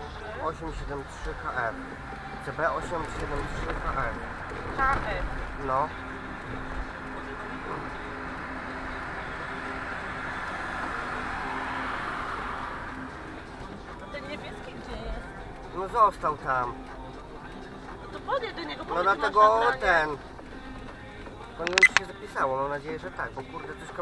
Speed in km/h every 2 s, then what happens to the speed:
23, 29, 36, 41, 46, 50, 53, 54, 52, 48, 35, 21.
0-11 speeds up to 53. 15-24 brakes to 21.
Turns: none.